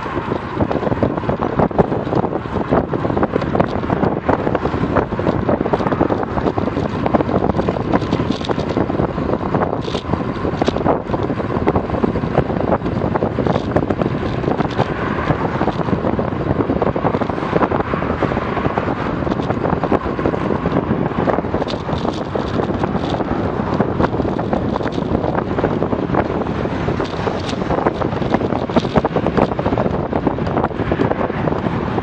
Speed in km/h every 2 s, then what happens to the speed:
31, 32, 34, 35, 36, 37, 38, 39, 39, 39, 39, 38, 38, 36, 35, 34.
0-32 steady at about 36.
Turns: none.